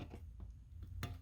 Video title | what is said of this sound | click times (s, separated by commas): How To Replace A Broken CD Jewel Case (Single & Double Discs) | that one until it snaps in here that snapped in | 1.0 s